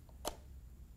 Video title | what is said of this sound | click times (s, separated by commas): LAN Cable Troubleshooter and Tester | hear that snap. I like that snap. It means it's not going to fall out. | 0.3 s